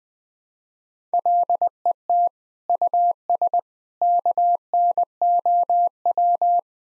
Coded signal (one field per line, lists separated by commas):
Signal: Morse code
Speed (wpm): 21 wpm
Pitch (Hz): 700 Hz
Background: none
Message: LET US KNOW